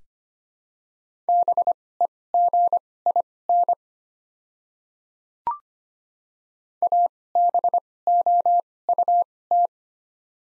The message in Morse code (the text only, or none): BEGIN ABOUT